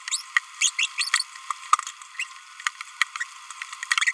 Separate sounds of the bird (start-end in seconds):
0.61-0.71, 0.79-0.86, 0.98-1.09, 1.14-1.22, 2.19-2.24